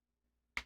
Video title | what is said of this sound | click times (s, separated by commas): Predator 3500 Upgraded Wheel Kit Installation and Field Test! | usually pops right in | 0.6 s